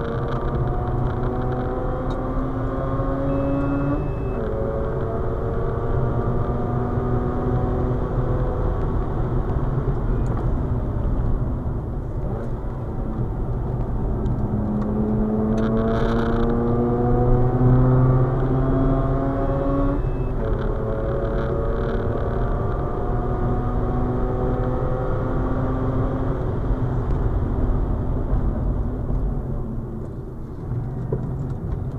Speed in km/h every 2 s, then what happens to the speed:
115, 126, 137, 144, 129, 98, 93, 102, 115, 123, 135, 145, 151, 103, 59, 49.
0-5 speeds up to 144. 7-13 brakes to 93. 13-24 speeds up to 151. 24-29 brakes to 49.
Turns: 9-17, 27-32.